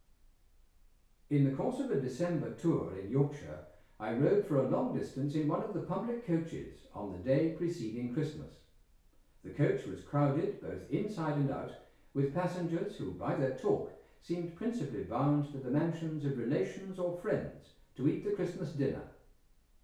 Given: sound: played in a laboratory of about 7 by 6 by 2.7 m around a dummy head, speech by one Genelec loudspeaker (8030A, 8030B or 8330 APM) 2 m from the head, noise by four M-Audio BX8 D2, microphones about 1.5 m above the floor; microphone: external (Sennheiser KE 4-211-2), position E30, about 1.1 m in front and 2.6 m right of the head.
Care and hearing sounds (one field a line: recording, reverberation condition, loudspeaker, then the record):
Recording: male speech in English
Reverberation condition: medium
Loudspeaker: 90 degrees to the right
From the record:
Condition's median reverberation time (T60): about 510 ms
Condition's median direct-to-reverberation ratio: about -0.5 dB